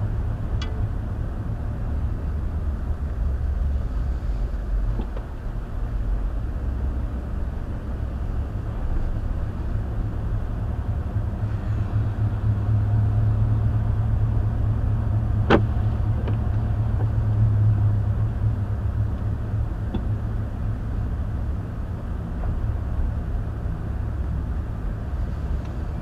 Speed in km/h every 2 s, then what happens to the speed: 32, 24, 19, 24, 27, 31, 34, 37, 37, 34, 29, 29, 27.
0-3 brakes to 19. 3-14 speeds up to 37. 14-26 slows to 27.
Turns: none.